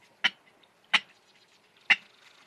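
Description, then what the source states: Ridgway's rail giving three short harsh notes, spaced irregularly over about two seconds, against a quiet background. Secretive, endangered salt marsh bird near San Francisco Bay, formerly called the California clapper rail.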